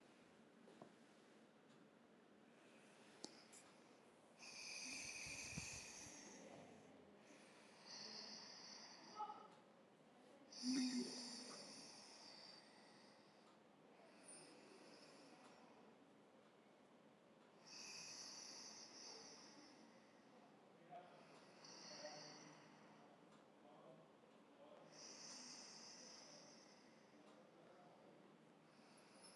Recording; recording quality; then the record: shallow breathing; excellent, no background noise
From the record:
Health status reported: healthy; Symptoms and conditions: hypertension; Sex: female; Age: 26 years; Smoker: not ticked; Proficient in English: yes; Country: India